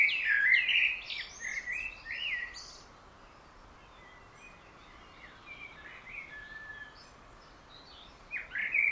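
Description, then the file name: Common blackbird song: a burst of warbled and twittering notes in the first three seconds, then quiet with faint high notes, and another phrase beginning near the end. "Turdus merula"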